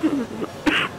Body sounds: coughing mixed with background sound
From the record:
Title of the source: 31 night wet cough

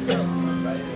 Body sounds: coughing mixed with background sound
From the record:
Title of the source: Coughing Woman Sound - Woman Cough Sound Effect

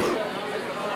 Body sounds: coughing mixed with background sound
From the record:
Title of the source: Coughing 77

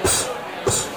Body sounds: coughing mixed with background sound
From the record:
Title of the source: Mid-morning Winter Coughing Fit

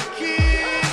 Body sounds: coughing mixed with background sound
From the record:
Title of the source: female coughing - coughing sound effects girl

